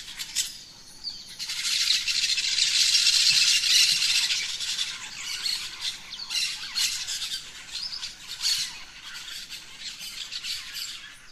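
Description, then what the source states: Birds chattering at dawn in a dense, rattling mass of harsh high notes, loudest around three seconds, then broken into rapid repeated bursts. Dawn chorus of rainforest birds, Gran Sabana, Venezuela.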